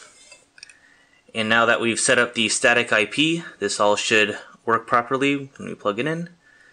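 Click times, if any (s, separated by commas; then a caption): none. A plastic RJ45 ethernet cable plug is handled near the ethernet port of a Raspberry Pi 2 single-board computer, with a few faint ticks around 0.6 s before someone talks. The clip ends before the plug goes in, so nothing has seated or clicked yet.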